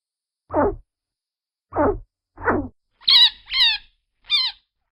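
Chinchilla squeaks: three lower, descending squeaks, then three higher, wavering squeals in quicker succession.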